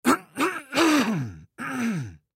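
Four quick voiced bursts over about two seconds, each with a rough, gravelly start and a falling, groan-like pitch; the last two are longer and drawn out. An acted, long throat clearing by a man of about fifty.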